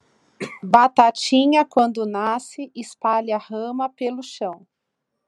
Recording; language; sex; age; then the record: short text; Brazilian Portuguese; female; 40 to 49 years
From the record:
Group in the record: control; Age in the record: 42 years